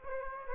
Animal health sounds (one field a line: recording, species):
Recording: mosquito wingbeat signal from an infrared sensor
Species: Aedes aegypti